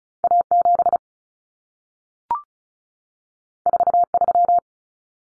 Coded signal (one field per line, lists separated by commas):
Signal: Morse code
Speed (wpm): 36 wpm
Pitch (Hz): 700 Hz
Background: none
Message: A7 43